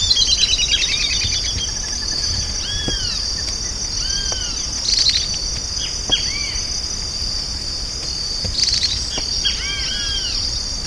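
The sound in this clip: Bird calls: short arched whistled notes, some paired and a few descending chips, given at intervals over a loud continuous high insect drone throughout.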